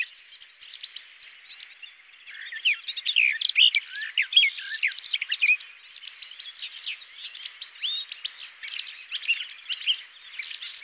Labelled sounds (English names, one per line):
Garden Warbler song